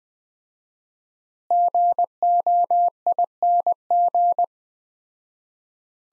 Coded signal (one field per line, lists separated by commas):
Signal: Morse code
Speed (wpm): 20 wpm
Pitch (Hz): 700 Hz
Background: none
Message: GOING